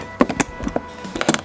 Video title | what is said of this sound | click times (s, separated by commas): 🔫🔫🔫 Epic 9mm Fort 12r Shooting Test And Review! | It clicked, we pull the | 1.3 s